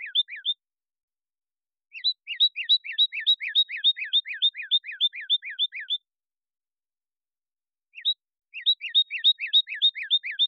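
Cardinal song in three bursts of rapid, evenly repeated two-part whistled notes, separated by pauses.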